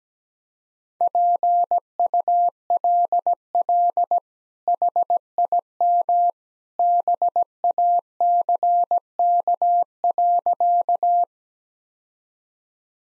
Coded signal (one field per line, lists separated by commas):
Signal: Morse code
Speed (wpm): 17 wpm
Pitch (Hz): 700 Hz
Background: none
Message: PULL HIM BACK.